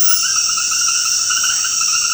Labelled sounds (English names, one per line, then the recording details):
none
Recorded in dense forest near Puerto Asís, Putumayo, Colombia, on 19 February 2024 at 21:30
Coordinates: 0.472, -76.329
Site G6394